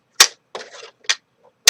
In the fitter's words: There's I'm not sure if you heard that click or not, but there's a nice satisfying click that when it's in there, so you know.